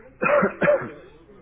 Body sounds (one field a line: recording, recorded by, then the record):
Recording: voluntary cough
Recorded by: telephone call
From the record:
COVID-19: negative